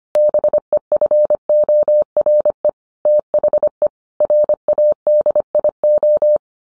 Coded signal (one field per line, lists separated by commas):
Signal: Morse code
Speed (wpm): 25 wpm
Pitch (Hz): 600 Hz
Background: none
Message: BEFORE THE RADIO